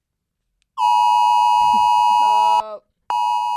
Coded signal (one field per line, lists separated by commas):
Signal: Emergency Alert System (SAME) tones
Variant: 853 and 960 Hz attention tone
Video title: Episode 106: Amber Hagerman and the AMBER Alert